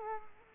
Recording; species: mosquito wingbeat signal from an infrared sensor; Culex quinquefasciatus